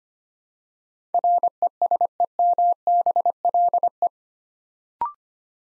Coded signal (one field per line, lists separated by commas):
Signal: Morse code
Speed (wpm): 25 wpm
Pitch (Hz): 700 Hz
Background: none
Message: RESEMBLE